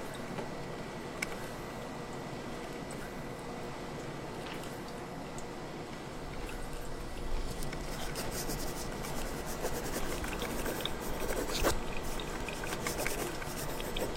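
Steady scratching and rubbing like handwriting, with paper being handled, over a constant faint high whine. After about seven seconds it grows louder and busier, with quick clicks and taps scattered through the rest, like typing or pages flipping.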